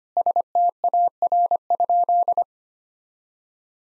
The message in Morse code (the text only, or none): STAR?